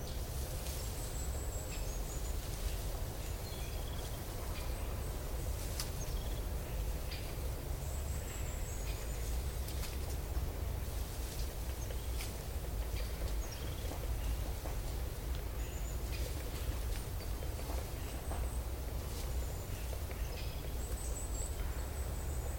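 A calm forest with a steady, deep rumble underneath, like wind or traffic. High, thin bird whistles come every few seconds throughout, along with scattered small clicks and ticks. The level stays even from start to finish.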